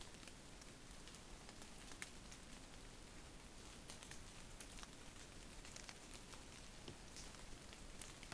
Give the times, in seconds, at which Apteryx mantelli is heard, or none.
none